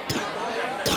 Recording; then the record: coughing mixed with background sound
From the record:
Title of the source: Wet coughing